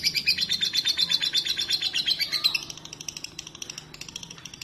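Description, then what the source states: Lovebird chattering in a fast, even run of high, buzzy chirps. About halfway through, it drops to a softer, thinner trill. Song style called konslet.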